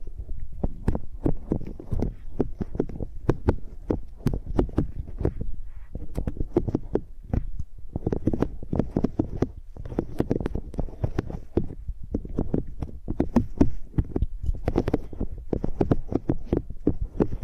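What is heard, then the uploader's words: Microphones are used like pencils, scraping and tapping in a quick, dense string of thuds and scratches. The strokes are mostly dull and low, with brief brighter scrapes on top, and the activity runs nearly nonstop, pausing only briefly around the sixth and eleventh seconds. Using Mics as Pencils (No Talking).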